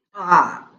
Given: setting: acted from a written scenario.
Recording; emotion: vocal sound without words; disgust